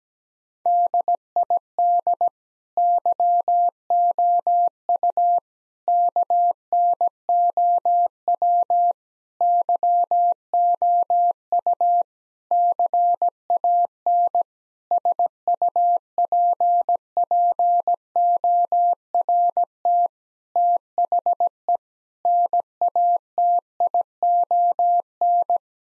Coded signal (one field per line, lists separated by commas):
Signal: Morse code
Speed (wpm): 17 wpm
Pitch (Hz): 700 Hz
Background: none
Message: DID YOU KNOW YOU CAN SUPPORT THE NATION